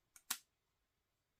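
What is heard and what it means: On an MST RMX 2.0 build, a bevel gear shaft, with its C shape facing out, is pushed in from the back of the plastic bevel gearbox holder. A faint tick at 0.2 s comes before a sharp, bright click at 0.3 s, then silence. The shaft clicks into place and is seated at 0.3 s.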